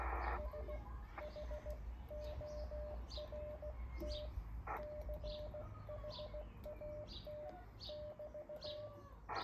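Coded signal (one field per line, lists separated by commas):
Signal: Morse code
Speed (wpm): 16 wpm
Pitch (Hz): 600 Hz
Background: none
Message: SHORT CHAT<BT>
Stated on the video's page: Difficult 40 m CW contact in very poor band conditions.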